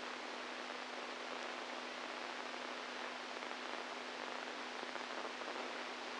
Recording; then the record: brain microelectrode recording played as sound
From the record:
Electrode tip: inside the subthalamic nucleus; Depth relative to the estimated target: 1 mm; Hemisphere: right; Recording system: NeuroSet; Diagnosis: Parkinson's disease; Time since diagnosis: 10 years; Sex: male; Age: 65 years